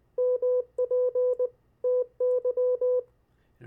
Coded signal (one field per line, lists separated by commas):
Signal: Morse code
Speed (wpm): 20 wpm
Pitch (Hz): 500 Hz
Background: none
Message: MPTY